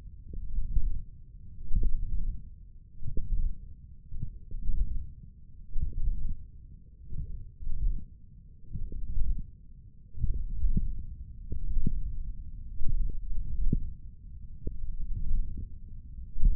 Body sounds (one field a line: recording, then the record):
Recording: forearm muscle sounds (acoustic myography)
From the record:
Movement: hook grip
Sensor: system 1, eight BSWA MPA416 microphones around the upper forearm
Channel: 5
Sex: male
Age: 20 years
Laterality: left